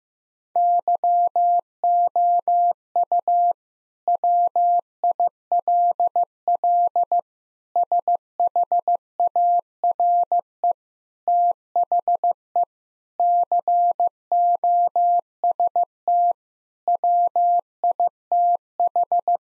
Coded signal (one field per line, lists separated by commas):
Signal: Morse code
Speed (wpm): 15 wpm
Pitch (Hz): 700 Hz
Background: none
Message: YOU WILL SHARE THE COST WITH